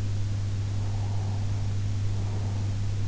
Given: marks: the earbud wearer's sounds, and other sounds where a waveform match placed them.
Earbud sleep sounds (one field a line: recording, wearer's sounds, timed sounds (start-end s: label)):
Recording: sounds in sleep by an in-ear microphone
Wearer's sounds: breath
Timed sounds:
0.68-3.02 s: breath